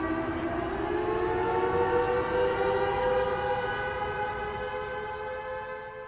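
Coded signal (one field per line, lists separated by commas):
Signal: siren signal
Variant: Gamewell diaphone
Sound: a steady, reedy low horn blast held throughout, slowly fading slightly at the end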